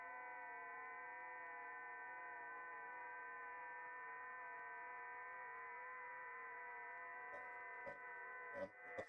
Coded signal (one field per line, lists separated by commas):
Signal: FT8